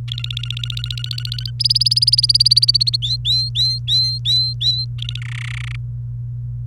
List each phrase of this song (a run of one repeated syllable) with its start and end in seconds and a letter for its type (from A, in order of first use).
0.08-1.51 A, 1.60-2.96 B, 3.02-4.85 C, 4.98-5.20 A, 5.22-5.76 D